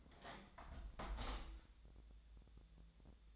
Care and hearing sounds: daily activity, microphone in the room; close window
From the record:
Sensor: 3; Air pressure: 1014.9 hPa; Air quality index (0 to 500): 72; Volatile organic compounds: 1 ppm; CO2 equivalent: 966 ppm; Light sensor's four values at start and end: 9/22/9/9 and 9/22/9/9

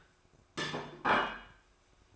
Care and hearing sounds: daily activity, microphone in the room; place plate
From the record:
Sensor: 2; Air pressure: 1004.2 hPa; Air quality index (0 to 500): 188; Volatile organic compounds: 10 ppm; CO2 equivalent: 2257 ppm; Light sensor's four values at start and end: 4/10/3/4 and 3/9/3/3

